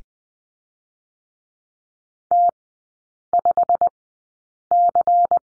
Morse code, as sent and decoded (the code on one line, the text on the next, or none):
- ..... -.-.
T5C